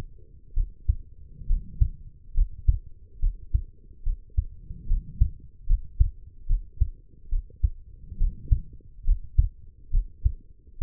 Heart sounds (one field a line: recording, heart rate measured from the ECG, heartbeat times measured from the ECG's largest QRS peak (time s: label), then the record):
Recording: heart sounds by stethoscope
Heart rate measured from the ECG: 70 bpm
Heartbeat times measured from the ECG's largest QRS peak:
0.53 s: heartbeat
1.46 s: heartbeat
2.34 s: heartbeat
3.19 s: heartbeat
4.03 s: heartbeat
4.87 s: heartbeat
5.66 s: heartbeat
6.46 s: heartbeat
7.29 s: heartbeat
8.17 s: heartbeat
9.04 s: heartbeat
9.90 s: heartbeat
10.78 s: heartbeat
From the record:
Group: healthy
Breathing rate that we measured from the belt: 18 breaths a minute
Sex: female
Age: 23 years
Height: 160 cm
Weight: 50.4 kg